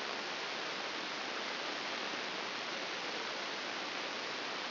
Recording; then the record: brain microelectrode recording played as sound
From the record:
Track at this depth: outside the subthalamic nucleus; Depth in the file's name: 9.304 mm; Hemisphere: left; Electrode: 2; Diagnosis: Parkinson's disease